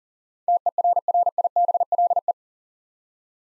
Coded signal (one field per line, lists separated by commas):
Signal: Morse code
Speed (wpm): 37 wpm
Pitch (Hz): 700 Hz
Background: none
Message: TERRIBLE